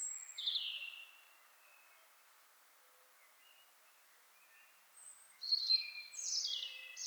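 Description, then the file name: Common blackbird calls: a high, thin, descending note, a pause, then a cluster of sharp, high, falling squeaky notes near the end. "Turdus merula"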